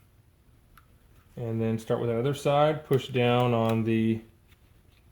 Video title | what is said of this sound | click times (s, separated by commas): CZ P-09 Cajun Gunworks Trigger job | and rotate this side until it locks into place. | 0.8 s